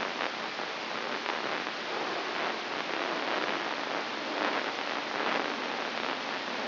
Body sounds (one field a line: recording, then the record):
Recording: brain microelectrode recording played as sound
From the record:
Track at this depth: inside the subthalamic nucleus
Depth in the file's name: 4.539 mm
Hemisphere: right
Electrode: 3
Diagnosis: Parkinson's disease